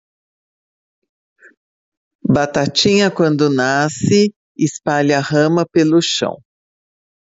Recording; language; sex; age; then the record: short text; Brazilian Portuguese; female; 50 to 59 years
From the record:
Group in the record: control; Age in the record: 56 years